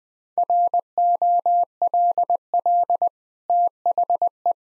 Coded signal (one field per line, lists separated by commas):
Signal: Morse code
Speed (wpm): 20 wpm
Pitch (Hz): 700 Hz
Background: none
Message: ROLL THE